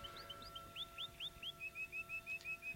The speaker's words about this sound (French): Fauvette, coucou, mes anges. Loriot, merle, rossignol, doux oiseaux, mes frères.